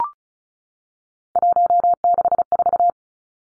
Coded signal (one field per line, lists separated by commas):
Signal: Morse code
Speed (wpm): 34 wpm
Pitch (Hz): 700 Hz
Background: none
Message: 164